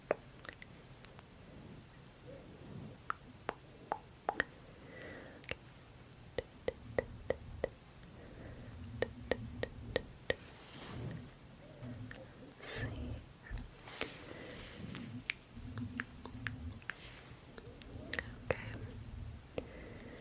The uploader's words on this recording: ASMR Fizzy Lotion Face Touching - tongue clicking.